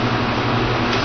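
A SATA power cable connector is pushed toward its socket on a hard drive, with only a steady, even whirring hum filling the short clip and no sudden sounds. Nothing has seated or clicked yet; the connector is handled but not yet home.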